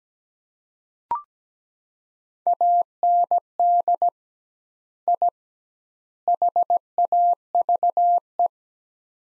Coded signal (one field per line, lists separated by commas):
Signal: Morse code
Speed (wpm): 17 wpm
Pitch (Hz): 700 Hz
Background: none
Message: AND I HAVE